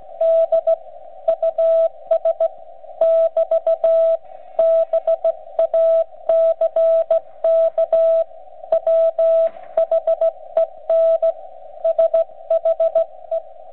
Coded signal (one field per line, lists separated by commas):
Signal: Morse code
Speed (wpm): 16 wpm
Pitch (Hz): 660 Hz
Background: radio noise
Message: D US <BT> BACK WHEN SHE